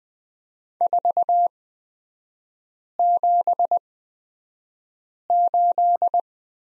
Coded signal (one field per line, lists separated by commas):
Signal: Morse code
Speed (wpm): 20 wpm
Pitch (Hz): 700 Hz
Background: none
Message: 478